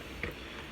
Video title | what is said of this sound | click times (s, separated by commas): Phillips Norelco 7500 Shaver review | so it snaps into place, | 0.2 s